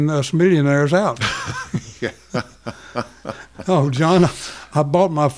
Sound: laughing